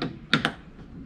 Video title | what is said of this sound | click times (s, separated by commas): ＡＣＲ３０ エスティマ ナンバー灯 交換 方法 ゲート内張り 外し方 取り付け テールランプ ブレーキランプ 点検 動画になります ESTIMA ACR30W TOYOTA | パチッとはめるとうんok | 0.3 s